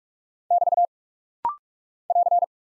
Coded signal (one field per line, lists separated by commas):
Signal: Morse code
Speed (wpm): 45 wpm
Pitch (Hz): 700 Hz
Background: none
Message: <BT> <AR>